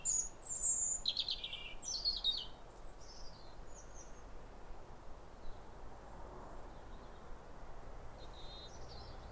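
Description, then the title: European robin song: bright, high phrases crowd the first few seconds, followed by fainter scattered notes, over a low hiss. Pair of robins in neighbouring gardens singing a duet at a clear, calm rosy sunrise on New Year in winter, after weeks of rain; countryside. "Sound Escape 150: Be uplifted by a chorus of New Year's robins"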